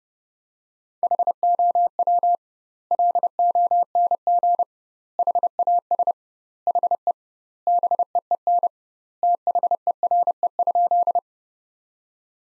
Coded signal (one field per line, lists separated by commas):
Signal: Morse code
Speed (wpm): 32 wpm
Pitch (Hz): 700 Hz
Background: none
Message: HOW LONG HAS HE BEEN THERE?